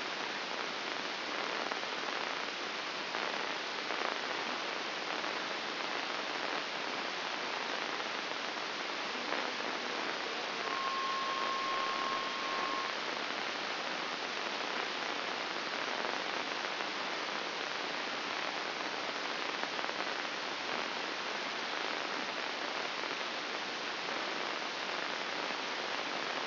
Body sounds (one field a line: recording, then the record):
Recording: brain microelectrode recording played as sound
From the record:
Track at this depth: outside the subthalamic nucleus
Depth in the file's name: 7.46 mm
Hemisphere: left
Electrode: 2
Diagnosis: Parkinson's disease